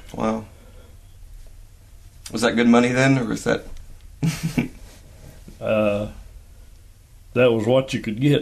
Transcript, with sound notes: Whoa! Was that good money then, or was that [Chuckling]
That was what you could get…